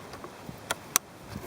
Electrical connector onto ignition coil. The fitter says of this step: and it snaps right in just like that